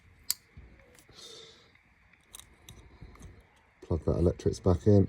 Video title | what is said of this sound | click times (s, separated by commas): Fiesta ST gets an Oil Catch Can from Mountune | I'll just snap this one on because it gives a really satisfying click | 0.3 s